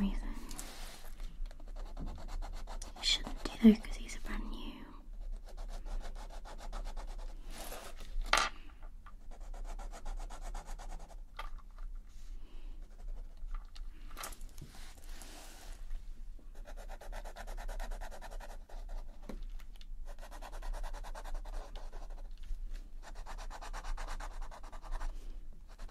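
Colouring pencil strokes scratch and rub across paper in bursts of dense, rapid back-and-forth scribbling, separated by short pauses. Sharp taps and clicks stand out around 3, 8 and 14 seconds, and a steady low hum runs underneath throughout.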